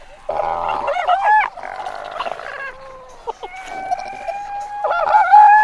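Antarctic fur seal calls: a harsh, nasal opening call, then long, steady, tonal bleats, ending with a louder cry.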